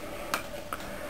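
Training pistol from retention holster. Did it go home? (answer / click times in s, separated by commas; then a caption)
released / 0.3 s, 0.7 s. A plastic training pistol is drawn from a Kydex retention holster by pressing the holster's release button, and the gun releases. Two sharp clicks are heard at 0.3 s and 0.7 s over a quiet background.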